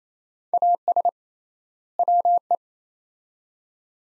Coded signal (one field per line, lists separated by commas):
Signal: Morse code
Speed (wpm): 28 wpm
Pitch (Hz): 700 Hz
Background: none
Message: AS WE